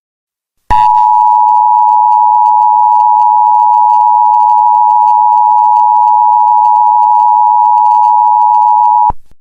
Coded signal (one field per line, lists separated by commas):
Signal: Emergency Alert System (SAME) tones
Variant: 853 and 960 Hz attention tone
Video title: EAS Scenario - THE SECOND CIVIL WAR (Part 1: Succession)￼